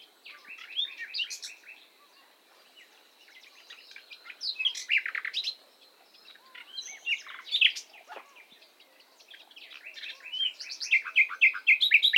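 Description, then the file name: Common nightingale song, bursts of varied chirps, trills and sharp whistled notes in several phrases separated by short pauses. "Luscinia megarhynchos"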